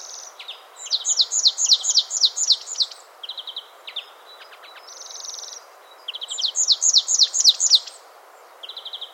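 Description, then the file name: Marsh tit delivering rapid strings of high, clipped, down-slurred notes with a few shorter notes between them, over a constant low hiss. "Poecile palustris"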